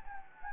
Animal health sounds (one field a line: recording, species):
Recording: mosquito wingbeat signal from an infrared sensor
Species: Anopheles gambiae